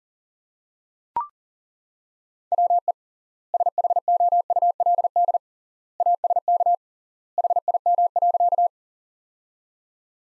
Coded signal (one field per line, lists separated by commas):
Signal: Morse code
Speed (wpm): 37 wpm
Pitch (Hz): 700 Hz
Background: none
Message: WE SHOULD ASK HIM.